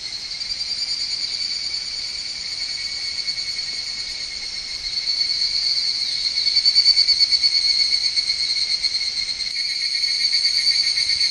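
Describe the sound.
Higurashi cicada calling in a shrill, pulsing drone that grows noticeably louder midway and stays strong to the end.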